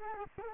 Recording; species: mosquito wingbeat signal from an infrared sensor; Culex quinquefasciatus